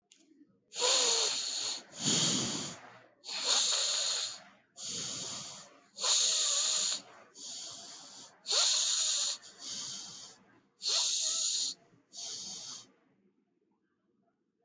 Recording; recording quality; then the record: deep breathing; excellent, no background noise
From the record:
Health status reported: recovered from COVID-19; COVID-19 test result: positive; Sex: male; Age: 25 years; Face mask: not worn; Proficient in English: yes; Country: India